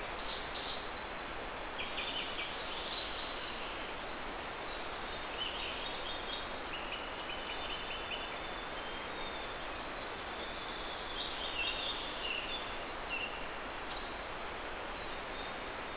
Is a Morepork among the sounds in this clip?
no